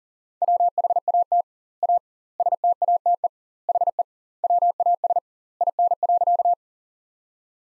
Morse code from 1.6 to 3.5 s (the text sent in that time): A STATE